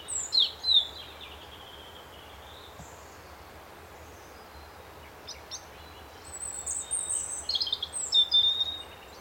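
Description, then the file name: European robin phrases: a high sliding whistle and trill at the start, a long pause, then a fresh tumble of thin, high notes near the end; low hiss throughout. "Erithacus rubecula"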